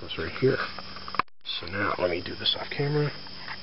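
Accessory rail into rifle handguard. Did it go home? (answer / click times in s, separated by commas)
no / none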